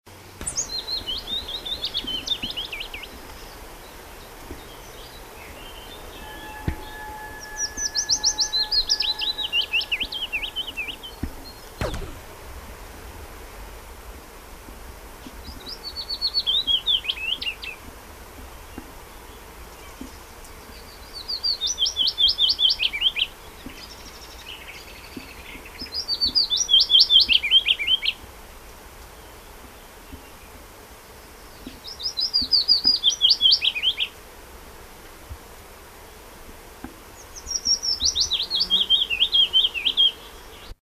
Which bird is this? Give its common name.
Willow Warbler